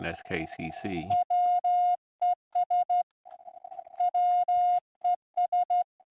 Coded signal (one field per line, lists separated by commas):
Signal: Morse code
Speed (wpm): 14 wpm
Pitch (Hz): 710 Hz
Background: speech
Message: WES WES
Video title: SKCC Sprint 4-12-2026